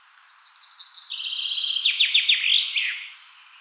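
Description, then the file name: Common chaffinch song: a rapid run of high notes descending through a brisk trill to a final flourish, heard once clearly. "Fringilla coelebs"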